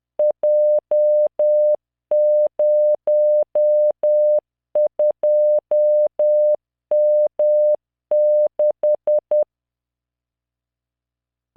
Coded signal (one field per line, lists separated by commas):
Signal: Morse code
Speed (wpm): 10 wpm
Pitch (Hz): 600 Hz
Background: none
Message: J02M6